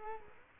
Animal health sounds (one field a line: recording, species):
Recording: mosquito wingbeat signal from an infrared sensor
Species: Culex quinquefasciatus